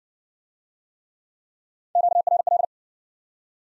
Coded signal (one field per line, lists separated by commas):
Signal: Morse code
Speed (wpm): 54 wpm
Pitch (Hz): 700 Hz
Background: none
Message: QRL